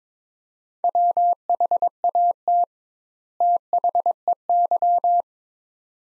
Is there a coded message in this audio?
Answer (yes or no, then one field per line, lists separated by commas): yes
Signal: Morse code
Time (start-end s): 0.8-5.2 s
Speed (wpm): 21 wpm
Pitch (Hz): 700 Hz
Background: none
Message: WHAT THEY